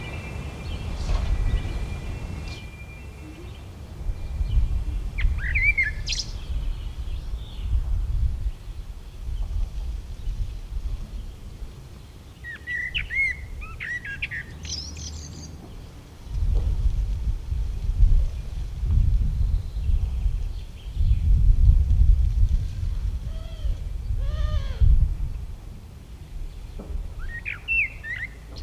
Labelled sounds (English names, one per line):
Common Blackbird song